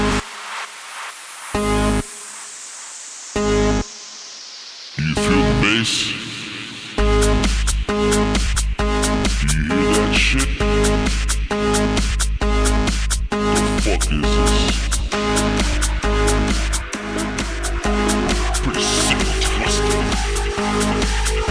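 A lively Friday evening at the bowling alley in Saint-Savin. It opens with a few short separate bursts under a slowly falling high tone. From about five seconds a loud, dense, unbroken din takes over, with quick regular knocks and a deep low rumble.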